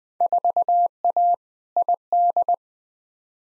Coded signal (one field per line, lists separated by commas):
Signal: Morse code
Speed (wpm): 20 wpm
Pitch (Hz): 700 Hz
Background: none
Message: 4A ID